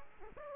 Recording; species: mosquito wingbeat signal from an infrared sensor; Aedes aegypti